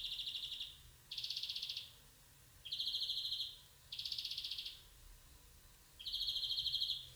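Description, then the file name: European greenfinch repeating coarse, nasal buzzes, five in about seven seconds, over low background noise. "Chloris chloris"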